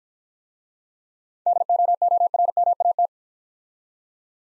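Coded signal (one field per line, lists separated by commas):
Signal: Morse code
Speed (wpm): 50 wpm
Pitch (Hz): 700 Hz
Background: none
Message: DOORMAT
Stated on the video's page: Morse practice set of easy words sent at 40 wpm with contextual hints.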